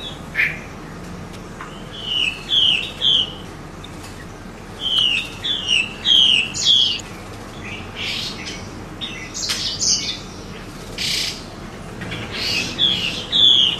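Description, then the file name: Hwamei song: clusters of clear whistled notes and rapid slurred phrases, alternating with short silences, varied and loud. Female bird. "hwamei betina omkicau"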